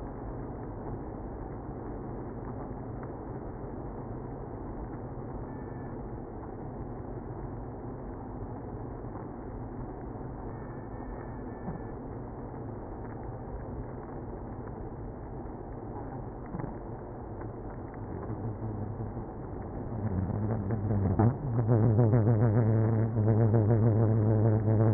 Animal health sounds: honeybee colony, microphone inside the hive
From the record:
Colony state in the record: queenless (queen removed); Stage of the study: after two queens were removed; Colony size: about 60,000 bees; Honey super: yes

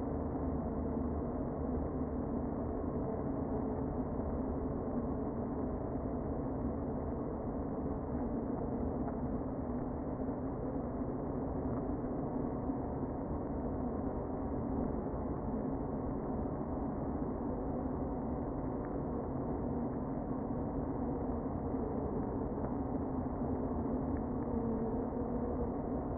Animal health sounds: honeybee colony, microphone inside the hive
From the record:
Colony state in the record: queen present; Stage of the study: before two queens were removed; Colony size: about 60,000 bees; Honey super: yes

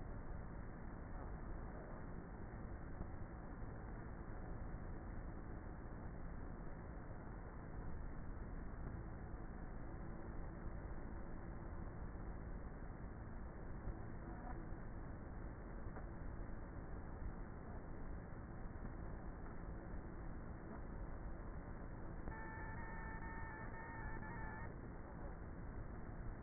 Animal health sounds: honeybee colony, microphone inside the hive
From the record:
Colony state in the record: queenless with a low population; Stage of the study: before two queens were removed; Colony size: about 30,000 bees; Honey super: no

